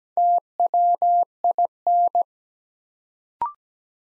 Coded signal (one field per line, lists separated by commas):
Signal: Morse code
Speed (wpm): 17 wpm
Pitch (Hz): 700 Hz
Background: none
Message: TWIN